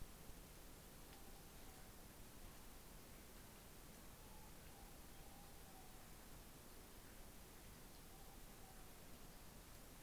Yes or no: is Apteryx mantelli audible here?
no